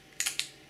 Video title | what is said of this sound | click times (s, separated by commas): Visconti Homo Sapiens London Fog Review | do a sort of half turn it kind of clicks in place | 0.2 s, 0.4 s